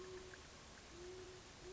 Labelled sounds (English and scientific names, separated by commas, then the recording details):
Great Horned Owl (Bubo virginianus)
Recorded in Sonoma County, California